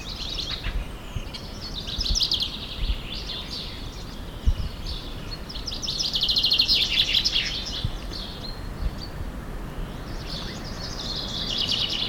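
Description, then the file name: Common chaffinch calls, a busy scatter of high chirps and short trilled notes coming in bursts throughout, over a steady low rumble of background noise. "Fringilla coelebs"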